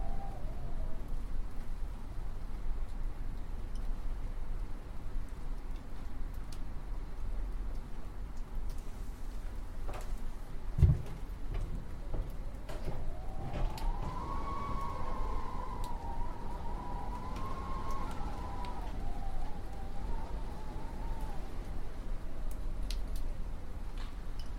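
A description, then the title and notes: Wind blows steadily with a deep, rumbling roar that stays fairly even throughout. Around the middle a whistling howl rises and wavers in pitch for several seconds before fading. A sharp knock near eleven seconds and scattered faint ticks sit in the background. Howling Winds. This immersive audio track captures the eerie and haunting sound of winds as they blow through trees, buildings, and across landscapes.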